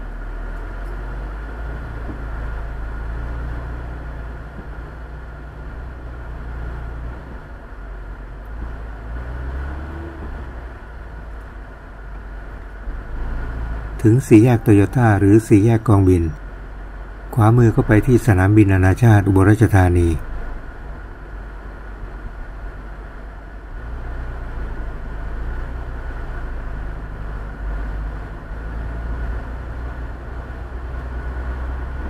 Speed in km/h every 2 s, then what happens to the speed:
0, 3, 6, 9, 13, 15, 16, 21, 22, 23, 25, 21, 23, 26, 32, 34.
0-14 pulls away to 21. 14-23 steady at about 22. 23-32 speeds up to 34.